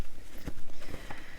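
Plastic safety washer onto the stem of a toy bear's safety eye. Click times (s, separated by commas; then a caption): 1.1 s. A plastic safety washer is pushed right down onto the stem of a plastic safety eye through the fabric of a memory bear's head. Soft rustling and handling noises are heard, then a short, sharp click at 1.1 s as the washer seats. The first eye is confirmed done.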